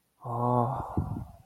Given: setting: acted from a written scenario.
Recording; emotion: vocal sound without words; awe